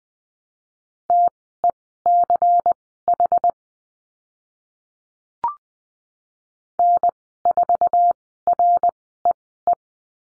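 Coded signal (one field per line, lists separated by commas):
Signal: Morse code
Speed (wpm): 20 wpm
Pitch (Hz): 700 Hz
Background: none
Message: TECH N4REE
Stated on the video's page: Morse code course lesson on letter C and call signs, Farnsworth speed 20/10 wpm.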